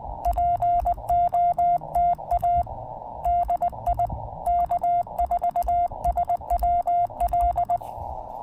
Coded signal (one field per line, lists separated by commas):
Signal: Morse code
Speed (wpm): 20 wpm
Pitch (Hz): 700 Hz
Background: none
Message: POTA DI K4SWL